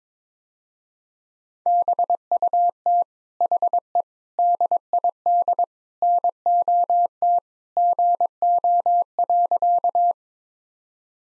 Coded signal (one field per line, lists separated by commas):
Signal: Morse code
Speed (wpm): 22 wpm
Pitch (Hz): 700 Hz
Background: none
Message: BUT HE DID NOT GO.